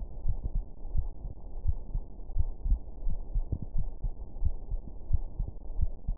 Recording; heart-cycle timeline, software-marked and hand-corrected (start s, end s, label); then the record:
heart sounds
0.00	0.26	diastole
0.26	0.38	S1
0.38	0.56	systole
0.56	0.64	S2
0.64	0.94	diastole
0.94	1.08	S1
1.08	1.24	systole
1.24	1.32	S2
1.32	1.64	diastole
1.64	1.78	S1
1.78	1.94	systole
1.94	2.04	S2
2.04	2.34	diastole
2.34	2.48	S1
2.48	2.66	systole
2.66	2.80	S2
2.80	3.06	diastole
3.06	3.18	S1
3.18	3.34	systole
3.34	3.46	S2
3.46	3.76	diastole
3.76	3.88	S1
3.88	4.04	systole
4.04	4.12	S2
4.12	4.42	diastole
4.42	4.54	S1
4.54	4.70	systole
4.70	4.80	S2
4.80	5.10	diastole
5.10	5.22	S1
5.22	5.38	systole
5.38	5.48	S2
5.48	5.78	diastole
5.78	5.90	S1
5.90	6.06	systole
6.06	6.16	S2
6.16	6.18	diastole
From the record:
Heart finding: coronary artery disease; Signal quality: good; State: rest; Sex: female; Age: 61 years